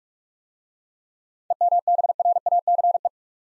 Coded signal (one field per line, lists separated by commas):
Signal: Morse code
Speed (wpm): 44 wpm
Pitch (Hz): 700 Hz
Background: none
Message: EMBRACE